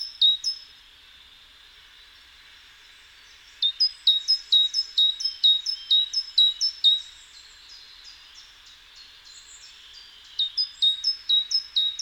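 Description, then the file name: Great tit ringing two-note phrases, high then lower, repeated in a long rhythmic run, then another run starting near the end. "Parus major"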